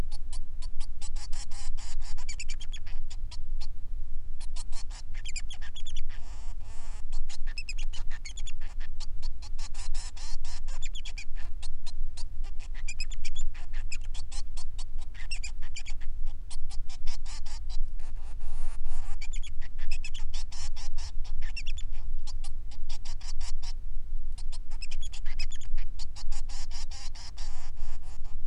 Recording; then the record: song of a male Bengalese finch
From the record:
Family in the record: son of father 3